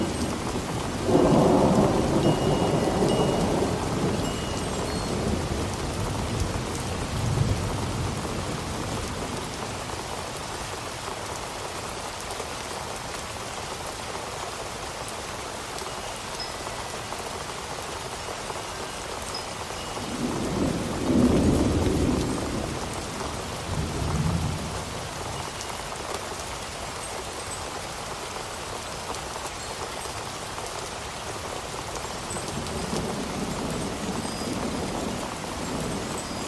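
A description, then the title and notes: Steady rain hisses throughout the storm while low thunder rumbles roll in near the start, around twenty seconds, and again near the end. A Relaxing Storm For Your Sleeping Pleasure.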